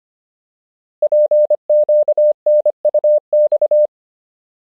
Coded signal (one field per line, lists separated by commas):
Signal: Morse code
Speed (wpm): 25 wpm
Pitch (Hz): 600 Hz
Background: none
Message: PQNUX